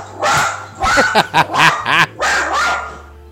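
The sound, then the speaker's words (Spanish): A person imitates a dog with a quick string of yappy, mid-pitched barks and yips, loud and uneven in rhythm, over a steady low electrical hum. “habla en el lenguaje de los humanos, no de los perros, brother.”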